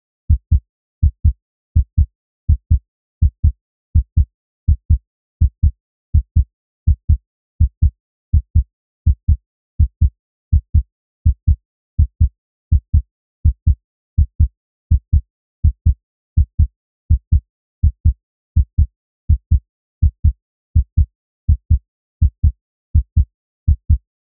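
Steady paired low thumps repeat evenly at about 82 beats a minute, each beat a clear lub-dub with quiet gaps between. The heart sounds are clean and regular, with no background noise.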